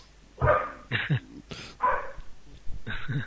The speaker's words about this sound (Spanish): Sí, sí, que estamos escuchando al perro, que supongo que quería opinar sobre la derrota de España también, ¿no, tu perra? Está enfadada.